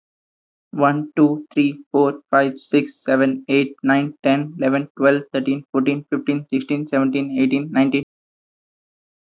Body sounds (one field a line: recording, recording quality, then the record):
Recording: counting at a fast pace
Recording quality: excellent, no background noise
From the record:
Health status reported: healthy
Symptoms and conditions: none ticked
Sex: male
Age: 21 years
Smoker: not ticked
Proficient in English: yes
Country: India